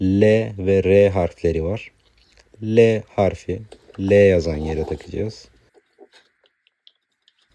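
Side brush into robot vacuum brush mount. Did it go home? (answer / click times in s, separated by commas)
yes / 6.9 s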